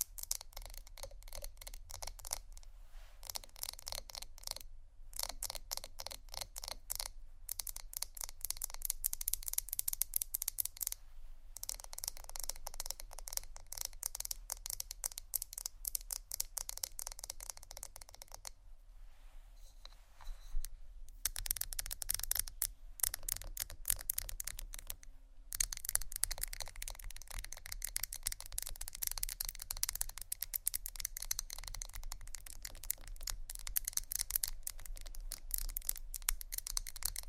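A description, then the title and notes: Fast tapping and scratching runs almost the whole way, a dense stream of quick, bright clicks with a rough scraping texture. It breaks off in brief gaps every few seconds, with a longer quieter stretch around 19 to 21 seconds, and a low steady hum sits underneath. ASMR Fast Tapping & Scratching （No Talking）.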